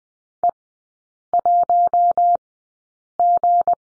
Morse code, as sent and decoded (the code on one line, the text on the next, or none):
. .---- --.
E1G